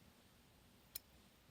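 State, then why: Seated. A double-edge razor blade is pressed down into a safety razor head and pushed forward along the head's rail. A single short, sharp click at 0.96 s, bright in the high frequencies, marks the blade popping into place and seating, against an otherwise quiet background.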